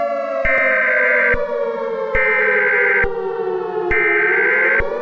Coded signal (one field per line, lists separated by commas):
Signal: Emergency Alert System (SAME) tones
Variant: header bursts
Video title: EAS Scenario - Super Why!